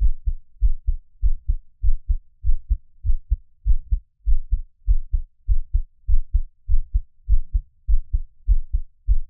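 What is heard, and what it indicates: An adult's normal heartbeat heard through a close microphone, for ASMR, with no talking.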